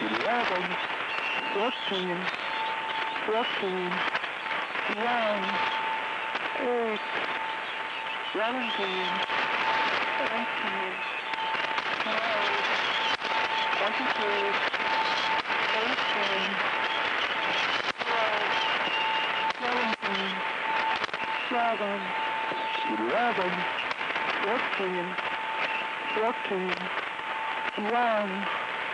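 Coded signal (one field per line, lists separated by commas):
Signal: numbers station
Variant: WBNY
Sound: distorted voice reading numbers like eleven, seven, fourteen under loud static and steady whine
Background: radio static, steady tone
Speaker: soon after the first another broadcast occurred in which two messages were sent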